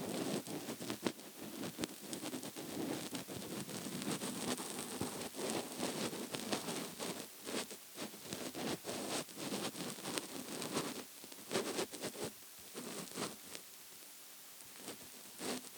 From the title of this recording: Scratchy Soft Couch Cushion